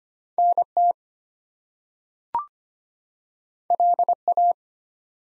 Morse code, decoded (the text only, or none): NT LA